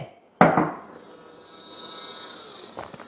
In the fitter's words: S'obre amb un clic. Es tanca amb un clic.